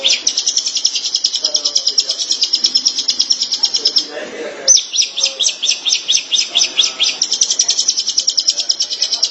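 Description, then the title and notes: Long-tailed shrike chatter: long runs of rapid high chirps, broken briefly by a noisy rustle midway, then resuming. "Suara burung pentet"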